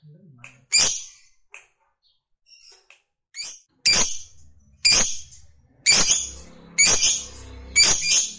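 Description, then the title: Lovebird giving harsh, shrill squawks, single sharp notes roughly once a second with short gaps and a few fainter squeaks between them. Fighter-type lovebird singing energetically (gacor). "Berkat SUARA Lovebird FIGHTER GACOR Ini"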